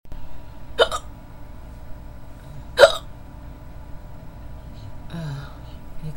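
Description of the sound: An adult woman's hiccups late at night: two sharp, abrupt hiccups about two seconds apart, then a brief soft voice sound, in a quiet room. The hiccups are keeping her from falling asleep.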